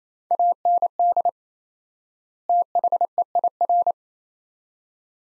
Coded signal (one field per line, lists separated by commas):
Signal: Morse code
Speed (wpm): 27 wpm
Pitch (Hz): 700 Hz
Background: none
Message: AND THEIR